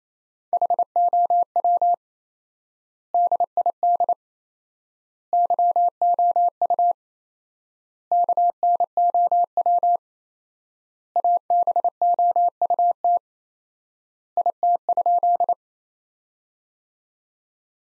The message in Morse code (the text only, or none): HOW DID YOU KNOW ABOUT IT?